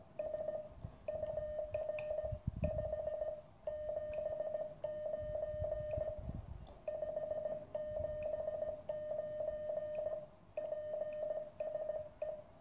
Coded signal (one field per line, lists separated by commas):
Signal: Morse code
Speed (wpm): 16 wpm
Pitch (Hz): 1800 Hz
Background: none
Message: S UR 5 79 579 PSE